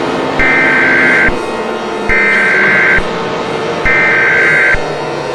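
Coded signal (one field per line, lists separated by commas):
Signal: Emergency Alert System (SAME) tones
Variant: header bursts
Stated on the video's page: Fictional EAS scenario.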